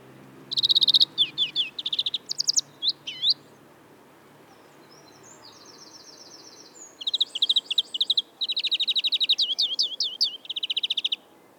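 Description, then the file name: European greenfinch song: bursts of rapid trills and twittering notes, a drawn-out buzzy wheeze near the middle, then more fast repeated trills. "Chloris chloris"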